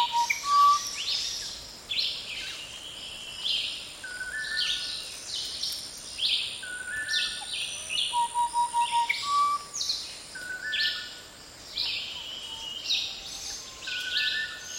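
Birds call continuously in a dry jungle, a dense chorus of bright chirps and trills layered over one another. Clearer low whistled notes stand out now and then, around the first second, near eight seconds and again later, over a soft steady hiss of insects.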